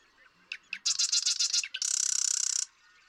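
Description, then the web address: Marsh Wren song, a handful of stuttering notes leading into a fast, even, mechanical rattle about a second long. "birdsongforthecurious Marsh Wren"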